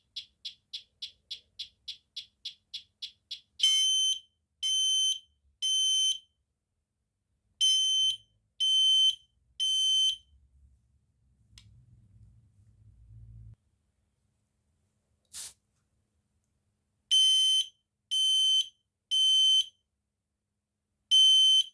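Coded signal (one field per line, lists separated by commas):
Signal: alarm pattern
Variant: smoke detector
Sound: rapid chirping beeps, then a shrill 3 kHz beep in repeated groups of three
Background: low rumbling handling noise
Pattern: temporal three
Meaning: Temporal-3 pattern signals fire: evacuate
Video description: see how it takes a while to fully go code 3 (temporal 3)? However, it does respond to smoke very well!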